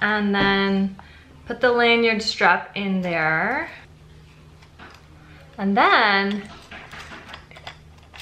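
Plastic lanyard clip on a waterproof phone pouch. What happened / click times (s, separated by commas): Handled, not yet home: the plastic clip has not locked yet / none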